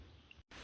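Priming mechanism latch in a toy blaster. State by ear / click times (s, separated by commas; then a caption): not seated / none. Someone tries to prime a reassembled toy blaster so its priming mechanism latches into place, and only a faint tick is heard at about 0.3 seconds over low background noise, with a brief silence near 0.45 seconds. The spring is too strong for it to prime and lock, so nothing has latched and the blaster is not working.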